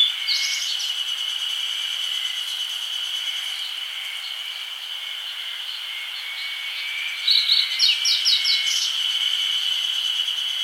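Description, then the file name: Grey bunting giving a brief burst of high notes at the start, then a brisk burst of high, sharp repeated notes around seven to nine seconds, over a steady droning insect sound. "Emberiza variabilis"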